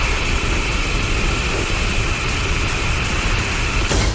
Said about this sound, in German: Rauschen klingt so wunderbar. Im Sommer am Meer. Aber nicht im Radio.